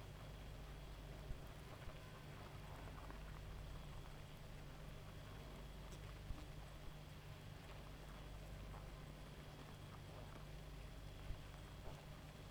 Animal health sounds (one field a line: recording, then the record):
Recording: honeybee colony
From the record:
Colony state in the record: active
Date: 28 July 2017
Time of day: 1:56